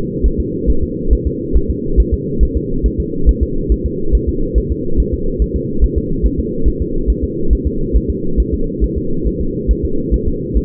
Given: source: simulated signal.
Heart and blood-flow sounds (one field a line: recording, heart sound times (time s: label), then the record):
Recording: fetal heart sounds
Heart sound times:
0.26 s: S1
0.40 s: S2
0.70 s: S1
0.84 s: S2
1.13 s: S1
1.27 s: S2
1.56 s: S1
1.70 s: S2
2.00 s: S1
2.14 s: S2
2.43 s: S1
2.57 s: S2
2.86 s: S1
3.00 s: S2
3.29 s: S1
3.43 s: S2
3.72 s: S1
3.86 s: S2
4.15 s: S1
4.29 s: S2
4.58 s: S1
4.72 s: S2
5.00 s: S1
5.14 s: S2
5.42 s: S1
5.56 s: S2
5.84 s: S1
5.98 s: S2
6.26 s: S1
6.40 s: S2
6.68 s: S1
6.82 s: S2
7.10 s: S1
7.24 s: S2
7.53 s: S1
7.67 s: S2
7.96 s: S1
8.10 s: S2
8.40 s: S1
8.54 s: S2
8.84 s: S1
8.98 s: S2
9.27 s: S1
9.41 s: S2
9.71 s: S1
9.85 s: S2
10.14 s: S1
10.28 s: S2
10.57 s: S1
From the record:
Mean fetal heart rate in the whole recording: 140 bpm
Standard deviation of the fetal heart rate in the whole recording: 2 bpm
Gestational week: 34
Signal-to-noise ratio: -8.1 dB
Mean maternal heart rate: 72 bpm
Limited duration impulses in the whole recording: absent